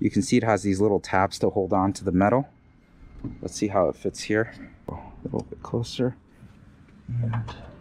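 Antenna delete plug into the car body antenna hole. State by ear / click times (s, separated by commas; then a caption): not seated / none. Someone talks while handling an antenna delete plug designed for an E30 or E36 BMW, whose small tabs grip the metal, lining it up with the antenna hole in the body of a BMW Z3. Faint handling noises follow, and nothing has seated or clicked yet.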